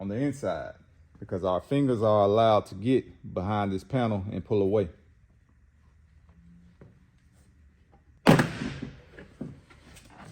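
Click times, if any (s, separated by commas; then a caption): 8.3 s, 8.4 s. Someone talks, then after a quiet stretch, fingers behind the plastic door panel of a 2019-2025 Dodge Ram pickup pull it away from the truck door. Loud sharp snaps at 8.3 s and 8.4 s are the panel's retaining clips popping loose, followed by fainter rattling as the panel comes free.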